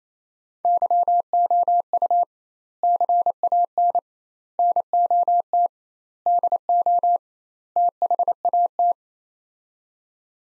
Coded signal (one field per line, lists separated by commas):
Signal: Morse code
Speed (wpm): 28 wpm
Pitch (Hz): 700 Hz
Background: none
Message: YOU CAN NOT DO THAT